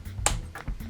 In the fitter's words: click there it goes that was only one there should be two clicks